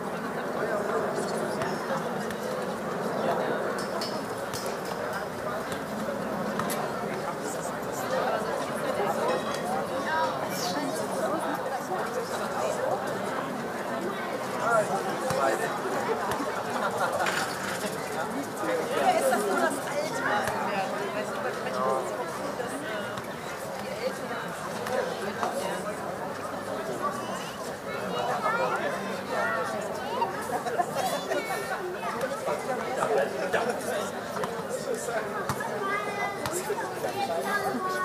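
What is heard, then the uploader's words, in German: A summer evening in Berlin, filled with steady, dense chatter from many voices overlapping without pause. The level stays even across the whole stretch, with a low murmur underneath and occasional louder voices or clinks standing out briefly around the middle. Berliner Abendämmerung. Tauche ein in einen glückseligen Sommerabend in Berlin mit dieser immersiven Hörreise. Entführt dich an einem Freitagabend zur "Stralauer Bucht".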